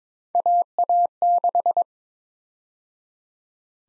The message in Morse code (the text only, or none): AA6